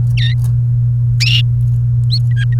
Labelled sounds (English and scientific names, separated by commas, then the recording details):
Domestic Canary (Serinus canaria) song
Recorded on 29 April 2018 at 13:43
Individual llb3